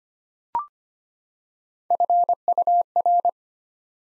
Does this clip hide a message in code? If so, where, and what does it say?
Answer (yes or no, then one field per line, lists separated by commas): yes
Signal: Morse code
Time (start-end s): 1.9-3.3 s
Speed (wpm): 25 wpm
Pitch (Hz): 700 Hz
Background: none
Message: FUR